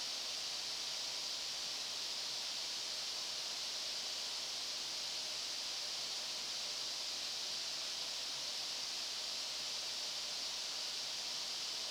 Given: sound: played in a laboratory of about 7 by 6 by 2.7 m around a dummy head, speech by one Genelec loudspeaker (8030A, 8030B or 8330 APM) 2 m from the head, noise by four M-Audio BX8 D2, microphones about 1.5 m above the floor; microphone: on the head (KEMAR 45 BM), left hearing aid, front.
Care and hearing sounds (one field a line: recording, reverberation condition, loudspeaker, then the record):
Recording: white noise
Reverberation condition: high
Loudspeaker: four, about 170 cm from the corners of the room and facing them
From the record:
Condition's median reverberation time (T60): about 1300 ms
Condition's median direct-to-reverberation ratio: about -4.0 dB